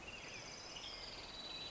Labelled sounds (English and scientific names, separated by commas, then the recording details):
Western Tanager (Piranga ludoviciana)
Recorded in Sonoma County, California